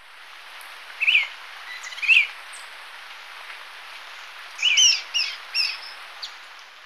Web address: Natures Songs S America Birds of Ecuador Dusky-capped Flycatcher